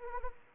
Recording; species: mosquito wingbeat signal from an infrared sensor; Anopheles arabiensis